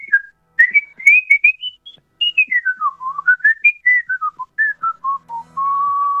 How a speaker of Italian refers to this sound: ti interpelliamo in quanto fischiatore esperto, parlaci di come ti sei avvicinato a questa arte antichissima del fischio.